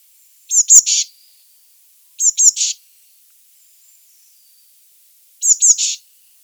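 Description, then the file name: Eurasian blue tit calls: short high thin notes followed by a buzzy scolding burst, given in three bouts spaced a few seconds apart. "Cyanistes caeruleus"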